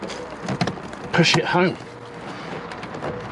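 A replacement LCI-version interior light switch unit is pushed up into the plastic headliner roof console trim of a 2007 E92 M3, replacing a damaged switch. A short burst of plastic knocks around 0.5–0.7 s includes a sharp click at 0.6 s as the switch seats fully, and someone talks over the steady background hiss.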